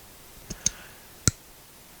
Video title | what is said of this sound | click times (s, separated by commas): Bastinelli Alpha 1: New Tactical Blade with Radical Recurve! | hear that snap | 1.3 s